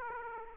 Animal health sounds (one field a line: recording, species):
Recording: mosquito wingbeat signal from an infrared sensor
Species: Aedes aegypti